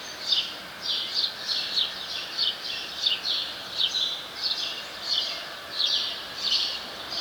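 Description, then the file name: House sparrow giving a steady series of sharp chirps, about one every half second to second, with constant faint hiss behind. "Passer domesticus"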